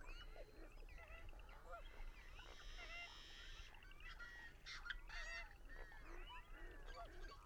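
Birds in a noisy flock, overlapping honks and yelping calls without pause, over a low background rumble.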